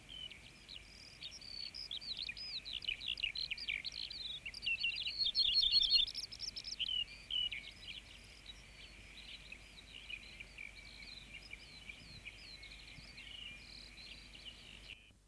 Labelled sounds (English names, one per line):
Ortolan Bunting song